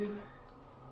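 A plastic electrical connector is handled onto the third fuel injector of a 2000 Acura 3.2TL during an intake gasket replacement, and someone talks briefly. A short burst at the start fades to a low, steady hum. Nothing has seated or clicked yet.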